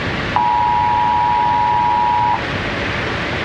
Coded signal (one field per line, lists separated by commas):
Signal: Emergency Alert System (SAME) tones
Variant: 853 and 960 Hz attention tone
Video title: Hypercane Emergency Alert System Horror (CHECK THE DESCRIPTION)